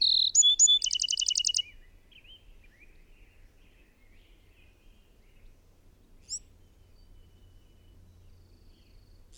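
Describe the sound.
Bird singing a quick high phrase of sharp slurred notes and a rapid trill, then near silence with two faint high notes later.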